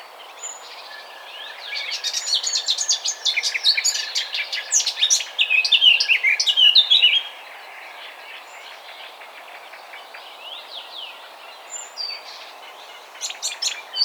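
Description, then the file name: Eurasian blackcap song: a hurried warbling phrase swells over about five seconds and then stops, followed by quiet with a few scattered high notes. "Sylvia atricapilla"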